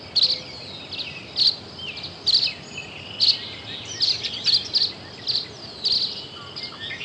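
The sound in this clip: Tree swallow making brief high chirps, spaced irregularly, some doubled, over a constant low hiss.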